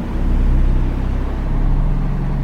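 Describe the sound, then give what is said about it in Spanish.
A garbage truck's heavy engine roars with a deep, steady droning rumble, a low hum running underneath, holding at a fairly loud level throughout with no voices. “Progresivamente, el desagradable bramido del camión de la basura fue creciendo en intensidad y volumen como prueba de su inminente proximidad.”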